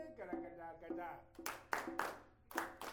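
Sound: group clapping hands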